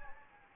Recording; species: mosquito wingbeat signal from an infrared sensor; Anopheles gambiae